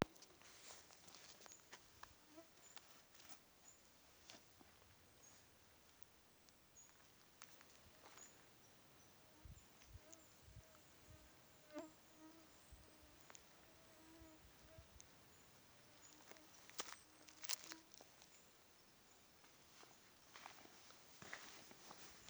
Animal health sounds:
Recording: mosquito flight sound by mobile phone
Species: Aedes sierrensis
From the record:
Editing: field recording with all noises

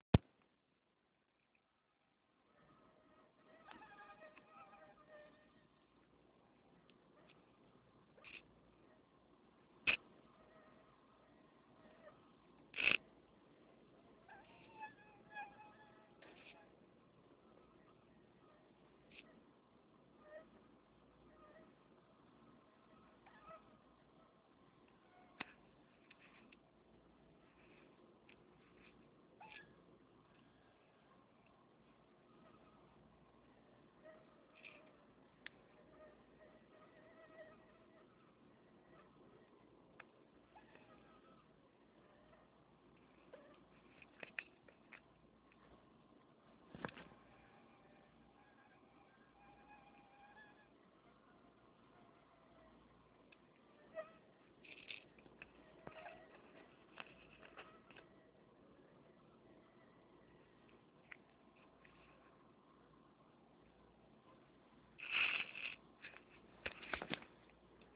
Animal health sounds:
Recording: mosquito flight sound by mobile phone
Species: Anopheles farauti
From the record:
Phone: Nokia 6555B

